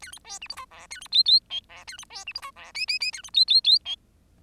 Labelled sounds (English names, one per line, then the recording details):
Bengalese Finch song
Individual Bird10